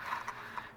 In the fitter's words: you can hear it click in rotate freely and